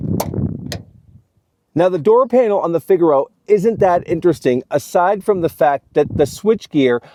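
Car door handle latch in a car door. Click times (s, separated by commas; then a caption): 0.7 s. Someone pulls the exterior door handle of a Nissan Figaro car door, and its extra latch releases with a sharp, satisfying click at 0.7 s, after a few lighter clicks and rustles. After a short pause, someone talks.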